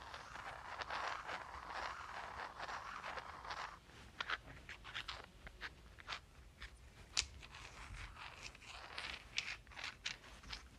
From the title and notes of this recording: Clicking and Rubbing Rocks.